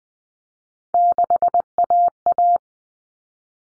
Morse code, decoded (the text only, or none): 6AA